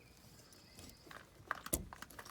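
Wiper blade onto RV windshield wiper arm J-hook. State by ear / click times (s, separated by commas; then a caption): seated / 1.5 s. A new standard windshield wiper blade, used with an Anco 48-17, is slid onto the J-hook connector of an RV windshield wiper arm and pulled back. It clicks home at 1.5 s, followed by a few more sharp plastic-like taps and rattles through about 2.4 s. The blade is seated.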